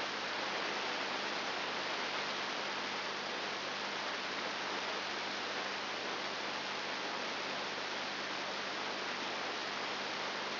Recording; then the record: brain microelectrode recording played as sound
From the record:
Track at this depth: inside the subthalamic nucleus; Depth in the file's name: 4.301 mm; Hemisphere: left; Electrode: 2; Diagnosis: Parkinson's disease